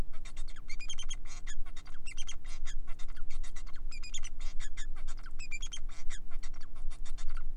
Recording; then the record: song of a male Bengalese finch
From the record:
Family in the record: son of father 4